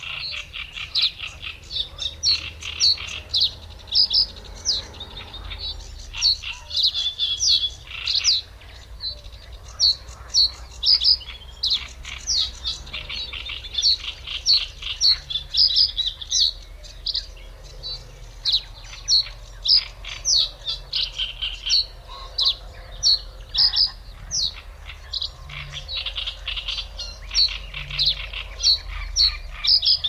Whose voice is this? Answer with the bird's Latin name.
Emberiza schoeniclus